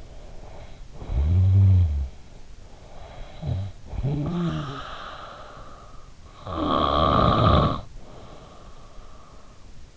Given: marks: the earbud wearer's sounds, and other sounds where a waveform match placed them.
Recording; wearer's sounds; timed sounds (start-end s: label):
sounds in sleep by an in-ear microphone; snoring breath
0.00-2.47 s: snoring breath
2.66-6.11 s: snoring breath
6.38-9.66 s: snoring breath